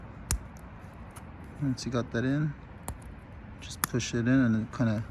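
A small plastic retaining clip on an OEM window visor for a 2019-and-later Hyundai Veloster N is pushed into the door frame channel, snapping into place with a sharp, loud click at 0.3 s. Another sharp tap follows at about 2.9 s while someone talks, and the clip is seated.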